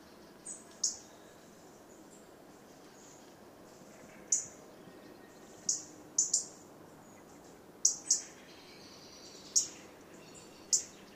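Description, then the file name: European robin calls, sharp high ticking notes given singly or in pairs at irregular intervals over quiet background hiss. "Erithacus rubecula"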